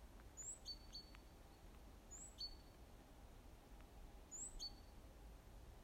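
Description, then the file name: Great tit calls: three bursts, each a high, thin sliding note with short lower notes after it, spaced roughly two seconds apart against faint background noise. "Parus major"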